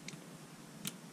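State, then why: Seated. A T10 driver bit is pushed into the quick-release hex chuck of a rebuilt anvil on a DeWalt DCF887 impact driver and locks in place. A faint tick comes at 0.1 s, then a sharper, brighter click at 0.9 s as the bit seats.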